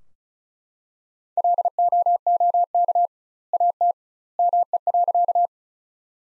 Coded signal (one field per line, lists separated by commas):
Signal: Morse code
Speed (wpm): 34 wpm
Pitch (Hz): 700 Hz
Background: none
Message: LOOK AT ME.